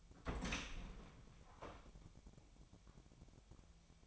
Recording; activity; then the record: daily activity, microphone in the room; open door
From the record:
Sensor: 1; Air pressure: 1007.3 hPa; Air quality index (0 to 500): 198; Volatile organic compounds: 19 ppm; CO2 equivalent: 2672 ppm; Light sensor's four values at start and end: 13/32/13/15 and 13/34/13/15